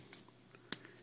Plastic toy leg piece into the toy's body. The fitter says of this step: until it snaps into place like that.